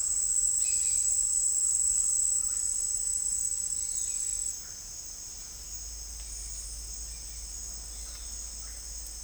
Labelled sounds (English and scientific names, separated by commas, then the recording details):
none
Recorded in secondary vegetation near Puerto Asís, Putumayo, Colombia, on 20 December 2024 at 11:00
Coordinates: 0.484, -76.319
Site GP06